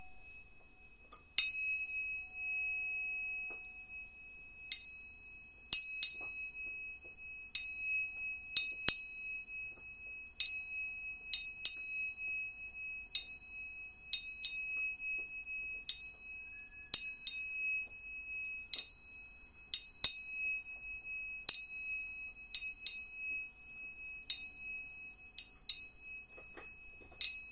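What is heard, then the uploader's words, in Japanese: Two tuning forks are struck again and again, roughly every second or so, each ringing a clear, steady high tone that fades slowly between strikes. 音叉チューニング2本。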